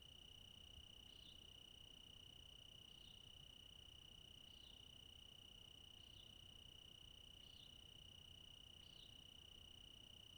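Crickets sing in a steady, unbroken high trill, while a short bright call repeats every second and a half over a faint low rumble.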